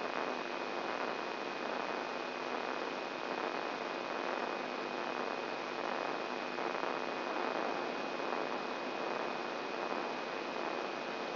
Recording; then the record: brain microelectrode recording played as sound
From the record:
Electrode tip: inside the subthalamic nucleus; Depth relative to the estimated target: 2.5 mm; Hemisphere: left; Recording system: AlphaMap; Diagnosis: Parkinson's disease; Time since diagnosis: 11 years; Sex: male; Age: 67 years